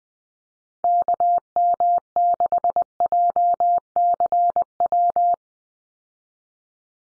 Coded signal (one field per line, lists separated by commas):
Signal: Morse code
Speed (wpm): 20 wpm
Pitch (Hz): 700 Hz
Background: none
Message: KM6JCW